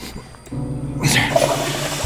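A toilet flushes: a low hum gives way to a loud, rushing surge of water that swirls and gurgles steadily to the end, with no voices.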